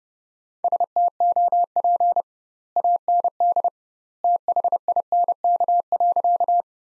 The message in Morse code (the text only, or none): STOP AND THINK.